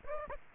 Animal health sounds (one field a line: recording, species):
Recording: mosquito wingbeat signal from an infrared sensor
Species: Aedes aegypti